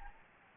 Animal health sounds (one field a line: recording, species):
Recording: mosquito wingbeat signal from an infrared sensor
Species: Anopheles gambiae